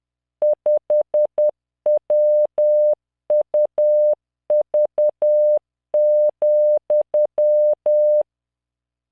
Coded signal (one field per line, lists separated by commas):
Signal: Morse code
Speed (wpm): 10 wpm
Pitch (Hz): 600 Hz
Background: none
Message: 5WUV,